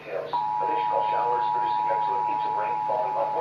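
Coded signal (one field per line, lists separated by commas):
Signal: Emergency Alert System (SAME) tones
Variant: 853 and 960 Hz attention tone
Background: speech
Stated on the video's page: Severe thunderstorm watch and several special marine warnings.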